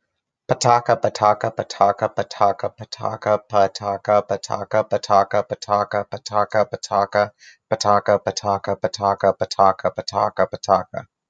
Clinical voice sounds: repeated syllables /pa ta ka/; male; 30 to 39 years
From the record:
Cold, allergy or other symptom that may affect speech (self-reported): no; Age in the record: 30 years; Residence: Rhode Island, United States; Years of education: 18

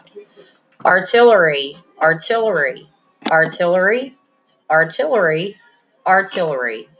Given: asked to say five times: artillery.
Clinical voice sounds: repeated word; female; 30 to 39 years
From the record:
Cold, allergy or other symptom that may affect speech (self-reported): no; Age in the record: 38 years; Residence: Texas, United States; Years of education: 15

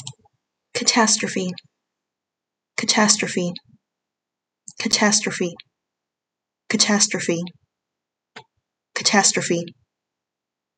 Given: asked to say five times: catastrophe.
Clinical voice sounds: repeated word; female; 20 to 29 years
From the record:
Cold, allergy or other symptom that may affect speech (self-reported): no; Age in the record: 24 years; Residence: Texas, United States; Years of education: 16

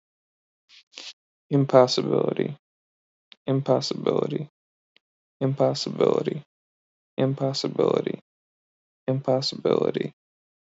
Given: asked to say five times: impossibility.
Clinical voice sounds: repeated word; male; 20 to 29 years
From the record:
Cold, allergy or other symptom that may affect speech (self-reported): no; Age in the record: 25 years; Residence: Michigan, United States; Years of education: 13

